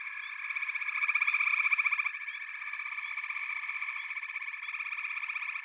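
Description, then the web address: Frogs calling in a dense chorus of pulsed, rattling trills, loudest near the start, then an even steady drone. A chorus of frogs calling together. "Echoes of Nature - Frog Chorus"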